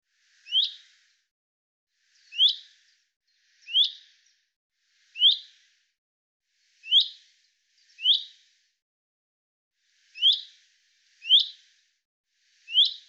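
Common chaffinch calling, nine quick upward-sweeping chips given at slightly irregular intervals over thirteen seconds against a silent background.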